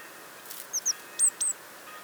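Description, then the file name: Eurasian blue tit giving four thin, very high notes: two short downslurred ones, then two slightly higher drawn-out ones, over a soft steady background hiss. "Cyanistes caeruleus"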